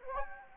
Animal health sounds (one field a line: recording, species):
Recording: mosquito wingbeat signal from an infrared sensor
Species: Anopheles arabiensis